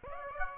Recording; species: mosquito wingbeat signal from an infrared sensor; Aedes aegypti